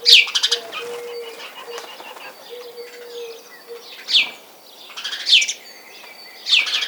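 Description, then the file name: House sparrow chirping: sharp downslurred notes and short rattling bursts, with a faint low hum in the first half. "Passer domesticus"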